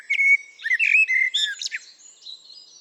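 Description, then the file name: Eurasian blackbird song: a mellow whistled opening, a rich warbling phrase, then a scratchy high twitter trailing off into faint squeaks. "Turdus merula"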